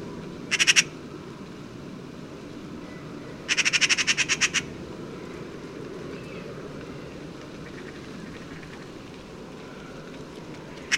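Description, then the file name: Eurasian magpie giving harsh, machine-gun chatter: a short burst, then a longer rattle of about ten rapid dry notes, and another starting at the end, over low background rumble. "Pica pica"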